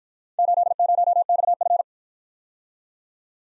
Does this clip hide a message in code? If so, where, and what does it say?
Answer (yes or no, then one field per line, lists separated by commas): yes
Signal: Morse code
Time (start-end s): 0.4-1.8 s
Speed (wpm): 53 wpm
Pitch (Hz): 700 Hz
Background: none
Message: 80XF